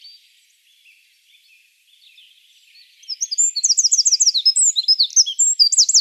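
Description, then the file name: Eurasian wren song, a soft quiet start breaking into a loud, rapid series of high trills and bright repeated notes over the last three seconds. "Troglodytes troglodytes"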